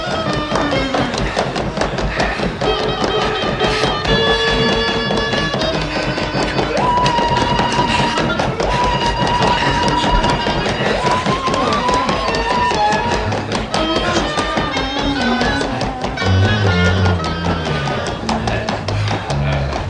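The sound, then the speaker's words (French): Buffoon dancers in an automaton-like dance stamp their feet hard and fast in a furious, forced trampling, a dense, relentless pounding that runs under loud music with sustained tones, staying at full volume throughout. “La danse se fait rageuse. Une sorte de piétinement forcé.”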